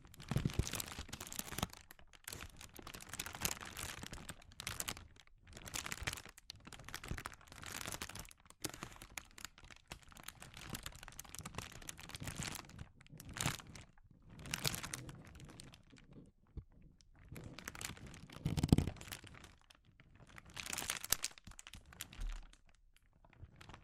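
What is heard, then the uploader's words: Sensitive crinkles of crumpled material come in dense, irregular bursts with sharp crackles, pausing briefly around fifteen and twenty-two seconds. ASMR Sensitive Crinkles (No Talking).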